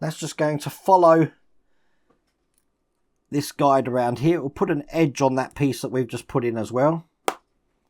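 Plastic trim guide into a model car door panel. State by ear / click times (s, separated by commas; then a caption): seated / 7.3 s. A plastic trim guide is pressed around the edge of a 1:8 scale Knight Rider KITT model car door panel while someone talks. The trim guide snaps into place with a sharp click at 7.3 s, seating it in the door panel.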